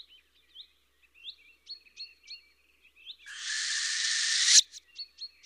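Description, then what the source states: Owl screech, harsh and breathy, swelling for over a second near the end, with quick, high chirps throughout. Fierce call.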